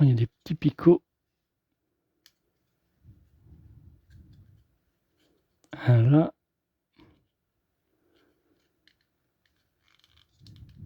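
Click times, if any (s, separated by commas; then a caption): none. A plastic part of a collectible Thanos gauntlet model kit is handled and pressed onto the gauntlet's small locating pins, with someone talking and faint handling rustles and small ticks between bursts of speech. Nothing has seated or clicked yet.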